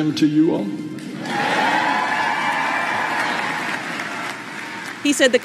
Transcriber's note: applause